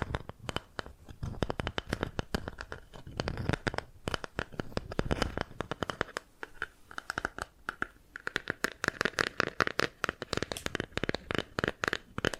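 Bamboo being tapped, scratched and brushed, with dense, irregular clicks and scrapes throughout. The first half has heavier rubbing and low thumps, a brief pause comes near six seconds, then quicker, sharper taps with a light ringing tone run to the end.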